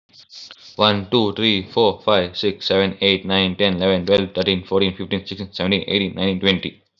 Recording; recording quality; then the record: counting at a fast pace; excellent, no background noise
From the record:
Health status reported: healthy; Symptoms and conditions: none ticked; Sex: male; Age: 19 years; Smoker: not ticked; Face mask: not worn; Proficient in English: yes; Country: India